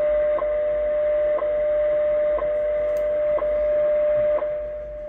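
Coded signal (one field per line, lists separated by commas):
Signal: radio time signal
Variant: WWV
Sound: steady mid-pitch tone with a short tick once each second, five ticks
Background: radio static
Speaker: so this is uh WWV time signal out of uh Colorado and on 25 megaherz or 25,000 khz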